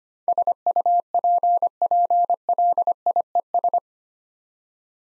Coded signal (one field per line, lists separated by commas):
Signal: Morse code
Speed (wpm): 25 wpm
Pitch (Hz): 700 Hz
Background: none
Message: SUPPLIES